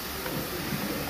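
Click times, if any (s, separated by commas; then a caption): none. An exterior door handle is being reinstalled into the door of a 2020 GMC 3500 HD 4×4 SLE pickup, with the handle worked into the door toward its locked position. A steady broadband hiss with a low, uneven rumble runs throughout, with only slight swells and no distinct click. Nothing has seated or locked into place yet.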